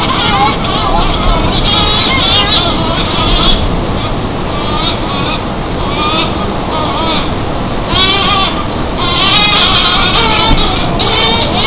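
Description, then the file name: Shearwater chorus of quavering, moaning calls that swoop up and down in overlapping bursts, with a rapid high pulsing trill running throughout and a dense background hum. "Sturmtaucher"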